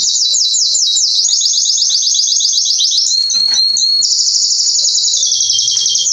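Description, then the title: Canary song, unbroken fast trills high in pitch, changing from sweeping rolls to tight buzzy rattles and back, each phrase run into the next without pause. Male Belgian canary singing a lot, used to warm up young canaries; named Canário Pastinha. "Esquente Seu Filhote E Canario Belga Em 30 Minutos Macho Cantando Muito. Esquente seu canrio belga em 30 minutos - Canrio Pastinha cantando"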